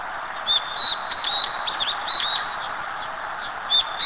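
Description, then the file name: Brown-eared bulbul giving loud, shrill, piercing notes with sharp upward and downward inflections, a burst of several calls then a pause and one more, over a steady hiss. Wild brown-eared bulbul in nature. "hiyodori"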